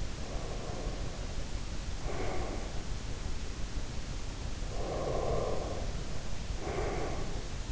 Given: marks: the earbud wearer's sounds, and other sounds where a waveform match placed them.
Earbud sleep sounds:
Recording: sounds in sleep by an in-ear microphone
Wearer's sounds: breath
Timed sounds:
0.00-2.83 s: breath
4.26-7.49 s: breath

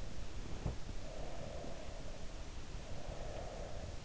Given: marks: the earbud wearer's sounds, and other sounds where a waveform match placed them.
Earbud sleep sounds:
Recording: sounds in sleep by an in-ear microphone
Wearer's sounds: breath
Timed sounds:
0.72-4.04 s: breath

